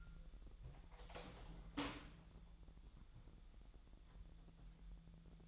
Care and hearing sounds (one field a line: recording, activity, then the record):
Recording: daily activity, microphone in the room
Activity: open door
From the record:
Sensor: 3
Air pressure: 1001.2 hPa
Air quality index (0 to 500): 249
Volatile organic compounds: 180 ppm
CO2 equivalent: 4145 ppm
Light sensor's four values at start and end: 8/18/7/6 and 7/17/6/6